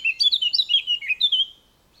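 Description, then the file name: Eurasian blackcap song, a short phrase of clear, fluty whistled notes in quick succession, ending abruptly after about a second and a half. "Sylvia atricapilla"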